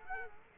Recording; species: mosquito wingbeat signal from an infrared sensor; Culex quinquefasciatus